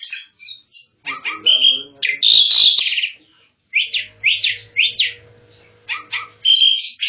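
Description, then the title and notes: Asian pied starling song: varied whistles and harsh rasping notes, then a quick series of short whistled notes, with a faint low hum. Song used for masteran, the practice of tutoring songbirds. "jalak_suren. Kumpulan Bermacam macam Kicauan Burung Masteran"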